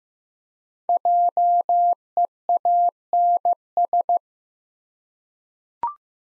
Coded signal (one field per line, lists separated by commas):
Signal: Morse code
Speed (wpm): 15 wpm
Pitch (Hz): 700 Hz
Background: none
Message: JEANS